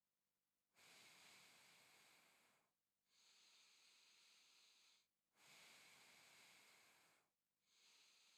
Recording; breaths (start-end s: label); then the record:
nose breathing near a microphone
0.47-2.77 s: exhalation
2.77-5.07 s: inhalation
5.07-7.47 s: exhalation
7.47-8.38 s: inhalation
From the record:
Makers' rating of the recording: medium